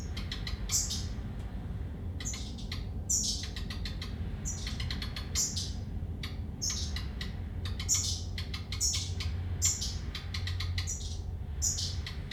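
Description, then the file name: Redstart singing in repeated phrases of scratchy crackling clicks and thin, high whistles, over a constant low rumble. "rehek"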